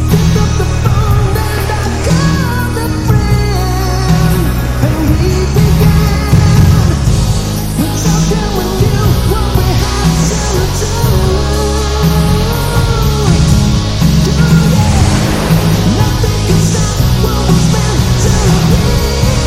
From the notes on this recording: HI DEFINITION AOR MELODIC MUSIC& THE OCEANsound